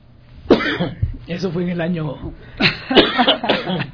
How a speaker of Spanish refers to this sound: El frío y el sol juntos a veces hace que pasen estas cosas en vivo, ¿no? Unas pocas toses por ahí, pero